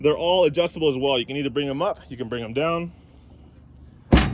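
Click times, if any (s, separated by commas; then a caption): 4.1 s. Someone talks for about three seconds, then after a quiet pause the metal compartment door on a 2026 Ford F-350 truck service body is closed and its latch handle turned to lock it. A sharp, loud thunk at 4.1 s marks the latch locking shut with a good seal, and each box locks individually.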